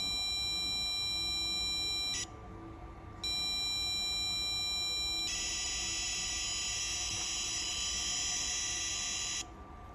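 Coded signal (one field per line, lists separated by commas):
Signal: ZX Spectrum tape loading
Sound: steady buzzing tone with harmonics, then harsh screeching data bursts with short pauses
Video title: STM32 based tzx/tap player - progress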